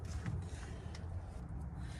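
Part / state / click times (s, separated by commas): expansion module into sprinkler controller slot / seated / 0.3 s, 0.9 s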